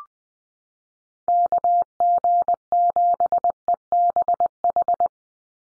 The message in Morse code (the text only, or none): KG7EBH